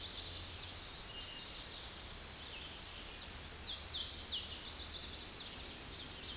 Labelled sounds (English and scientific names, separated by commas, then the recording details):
Hooded Warbler (Setophaga citrina) song
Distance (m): 35 m
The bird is about 5 m below the microphone
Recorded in a Pennsylvania forest on 16 May 2024 at 08:07
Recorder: AudioMoth, point MSD-2181
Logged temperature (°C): 12.8 °C
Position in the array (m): 177 m, 84 m